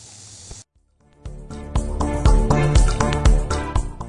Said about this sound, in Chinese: 而且现场可以说是掌声雷动哈。